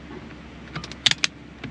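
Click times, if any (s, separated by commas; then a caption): 1.1 s, 1.2 s. A steering wheel airbag module, with its connectors already plugged in, is pushed by hand into the steering wheel of a Merlin Purple B9 S4 until its clips engage. A few faint taps from about 0.8 s lead to two sharp clicks at 1.1 s and 1.2 s as the module snaps firmly into place.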